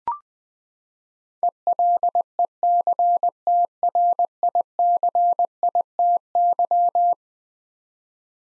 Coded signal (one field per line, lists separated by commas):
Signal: Morse code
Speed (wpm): 20 wpm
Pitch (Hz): 700 Hz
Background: none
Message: ELECTRICITY